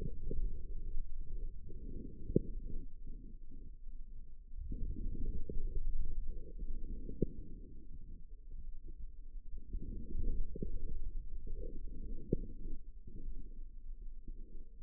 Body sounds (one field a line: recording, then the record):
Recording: forearm muscle sounds (acoustic myography)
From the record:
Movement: outward rotation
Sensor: system 2, bracelet of six BSWA MPA416 microphones around the upper forearm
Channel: 4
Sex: female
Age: 25 years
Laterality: right